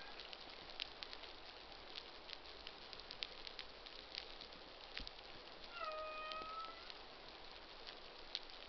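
Humpback whale social sound: a single moaning, harmonic tone held for about a second, over constant crackling and clicking.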